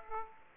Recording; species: mosquito wingbeat signal from an infrared sensor; Aedes aegypti